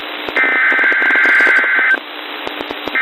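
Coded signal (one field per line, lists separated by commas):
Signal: Emergency Alert System (SAME) tones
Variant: header bursts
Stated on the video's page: NWS Pendleton Required Weekly Test received off NOAA Weather Radio transmitter in Richland, WA on 162.45 MHz.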